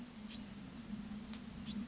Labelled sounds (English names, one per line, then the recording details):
Bewick's Wren
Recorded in Sonoma County, California